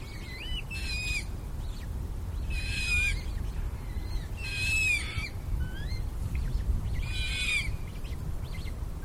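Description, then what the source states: Eurasian coot young uttering high rising-and-falling squeals and harsh noisy bursts, repeated several times, over a constant low hum. Young birds.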